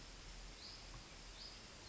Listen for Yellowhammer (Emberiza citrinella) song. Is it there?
no